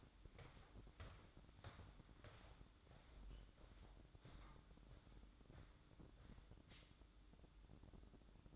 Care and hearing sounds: daily activity, microphone in the room; walk to room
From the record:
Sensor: 3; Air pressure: 1008.2 hPa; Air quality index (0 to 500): 133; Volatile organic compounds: 2 ppm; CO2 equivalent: 1102 ppm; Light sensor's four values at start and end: 10/23/9/9 and 10/23/9/9

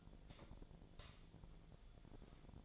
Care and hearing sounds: daily activity, microphone in the room; light off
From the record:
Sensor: 5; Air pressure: 1009.8 hPa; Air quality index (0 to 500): 159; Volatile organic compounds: 4 ppm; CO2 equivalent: 1547 ppm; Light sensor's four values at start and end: 162/412/172/183 and 161/410/171/182

